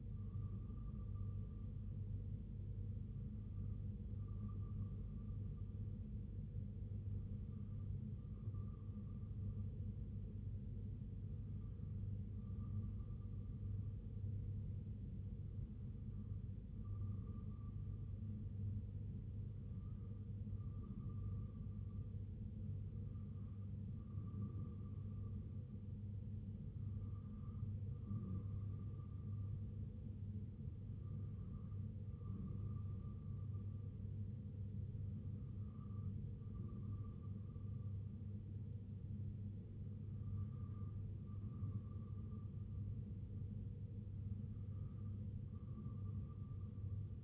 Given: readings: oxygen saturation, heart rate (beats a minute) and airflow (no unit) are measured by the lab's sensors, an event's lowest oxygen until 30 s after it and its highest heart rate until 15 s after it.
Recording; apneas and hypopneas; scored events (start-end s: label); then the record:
breathing in sleep by a smartphone at the bedside; none
none scored
From the record:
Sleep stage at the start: N2 (light sleep); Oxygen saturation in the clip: 93 to 94%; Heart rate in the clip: 60 to 67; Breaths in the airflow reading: 11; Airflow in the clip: -2.9 to 1.8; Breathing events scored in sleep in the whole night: 258 in 7.4 hours asleep